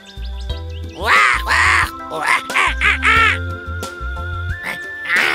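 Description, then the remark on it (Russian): A young voice imitates a bird, as Mowgli speaks in the language of birds to the soaring kite Chil: a series of harsh, squawking calls in uneven bursts over steady background music. “На языке птиц он попросил передать Балу и Багире, куда несут его обезьяны.”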